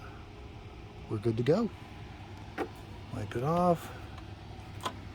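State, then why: Seated. A plastic-capped oil dipstick is wiped off and pushed back into the engine's oil fill tube on a Cub Cadet XT2 riding lawn mower. Someone talks, and a short tick is heard at 4.9 s as the dipstick snaps home and seats in the tube.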